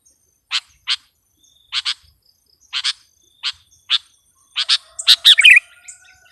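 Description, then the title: Sooty-headed bulbul calling with brief bright chips, some doubled, spaced irregularly, building into a fast cluster of notes near the end. "kutilang"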